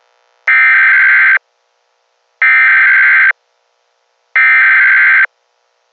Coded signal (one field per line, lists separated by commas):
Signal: Emergency Alert System (SAME) tones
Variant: header bursts